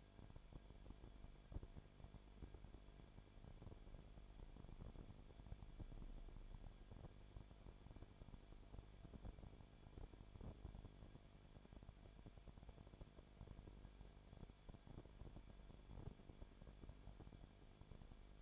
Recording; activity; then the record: daily activity, microphone in the room; no activity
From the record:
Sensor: 5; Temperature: 19.8 degrees Celsius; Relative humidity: 33.3%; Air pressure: 1001.4 hPa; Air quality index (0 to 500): 31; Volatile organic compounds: 1 ppm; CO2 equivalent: 524 ppm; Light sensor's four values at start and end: 2/3/1/1 and 2/3/1/1